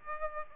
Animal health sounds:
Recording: mosquito wingbeat signal from an infrared sensor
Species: Aedes aegypti

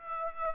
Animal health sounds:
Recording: mosquito wingbeat signal from an infrared sensor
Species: Aedes aegypti

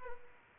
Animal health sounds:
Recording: mosquito wingbeat signal from an infrared sensor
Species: Culex pipiens

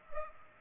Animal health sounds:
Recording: mosquito wingbeat signal from an infrared sensor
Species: Culex pipiens

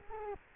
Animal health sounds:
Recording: mosquito wingbeat signal from an infrared sensor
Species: Culex quinquefasciatus

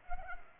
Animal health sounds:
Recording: mosquito wingbeat signal from an infrared sensor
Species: Culex pipiens

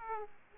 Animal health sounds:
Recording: mosquito wingbeat signal from an infrared sensor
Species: Aedes aegypti

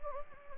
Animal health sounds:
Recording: mosquito wingbeat signal from an infrared sensor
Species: Anopheles gambiae

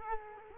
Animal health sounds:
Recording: mosquito wingbeat signal from an infrared sensor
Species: Culex quinquefasciatus

